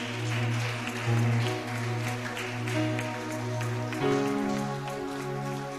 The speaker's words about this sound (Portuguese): Você pode aplaudir a Cristo nessa noite.